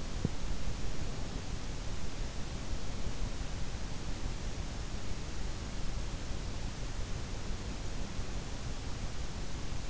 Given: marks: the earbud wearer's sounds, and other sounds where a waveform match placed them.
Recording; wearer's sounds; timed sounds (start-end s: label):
sounds in sleep by an in-ear microphone; teeth grinding
0.00-0.55 s: teeth grinding